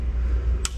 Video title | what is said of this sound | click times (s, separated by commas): 2023 Assault Boost billet manifold and Vforce reed petal replacement! Full install/overview! | you press them down they have that little click click action to them | 0.7 s